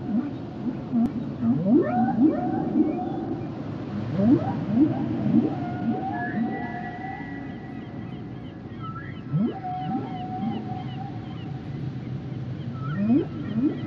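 Whale song: rising upsweeps alternate with long level whistled tones higher up, several overlapping phrases over steady low hiss.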